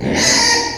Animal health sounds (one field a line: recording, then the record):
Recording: squeal of a Yucatan mini pig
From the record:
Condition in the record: before surgery on the right vocal fold (resection and tissue-engineered implant)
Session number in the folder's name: 2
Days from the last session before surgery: 0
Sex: male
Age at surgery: 12 weeks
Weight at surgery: 13 kg